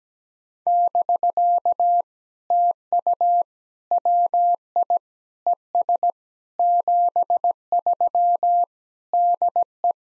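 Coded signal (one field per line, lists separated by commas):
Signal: Morse code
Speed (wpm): 17 wpm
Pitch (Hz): 700 Hz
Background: none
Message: <BK> TU WI ES 73 DE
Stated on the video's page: POTA exchange practice sent at 17 wpm, each exchange sent in Morse twice.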